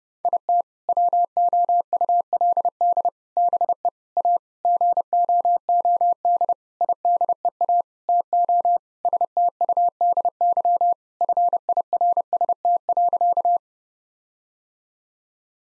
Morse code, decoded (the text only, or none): IT WOULD BE A GOOD IDEA TO STUDY FIRST.